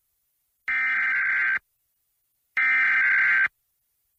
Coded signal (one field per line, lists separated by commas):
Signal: Emergency Alert System (SAME) tones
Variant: header bursts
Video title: EAS High Wind Warning Far Southeastern Alaska NOAA Weather Radio